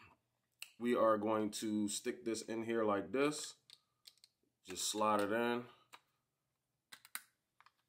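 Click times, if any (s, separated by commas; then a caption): 7.2 s. Someone talks while sliding an action camera's swivel mount buckle into the plastic receiver on a Wealpe chest harness for a GoPro, with a few faint clicks and scrapes as it goes in. It snaps home with a sharp click at 7.2 s and is seated.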